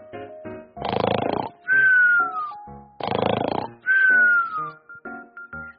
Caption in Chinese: 睡觉的时候打呼噜的声音。